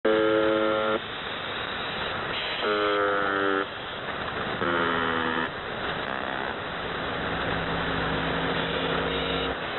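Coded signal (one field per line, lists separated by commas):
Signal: channel marker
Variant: UVB-76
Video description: "The Buzzer" is a Russian military radiostation that broadcasts on 4625 kHz.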